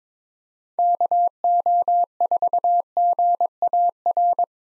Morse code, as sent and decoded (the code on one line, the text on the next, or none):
-.- --- ....- --. .- .-.
KO4GAR